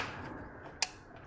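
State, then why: Seated. A second wiring harness plug is pushed onto the other throttle actuator of an E9X M3. A single sharp click is heard at 0.8 s over a quiet background. The connector is seated and confirmed good.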